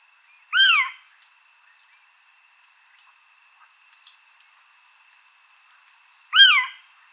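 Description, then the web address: Eurasian scops owl calling twice, single soft whistled notes about six seconds apart, with continuous insect trilling and faint ticks in between. "otus scops call"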